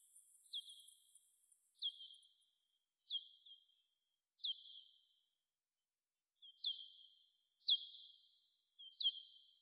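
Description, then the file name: Bat echolocation calls: separate hooked, downward-sweeping chirps with trailing tails, after a faint early patter of higher pulses. Bat movement recorded at the Gondwana garden in Rayol. "Rayol Gondwana Mouvementde Chauve Souris Mercier Glotin"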